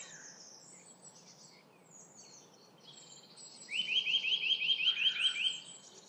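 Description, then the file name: Eurasian nuthatch giving one quick trill of rising, piping notes near the end, while assorted higher bird calls chatter throughout. "Sitta europaea"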